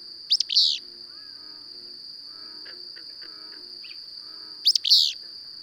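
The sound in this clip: Bird phrases open and close the stretch, each a quick chirp followed by a buzzy rasp, with soft twitters between and a steady high drone throughout.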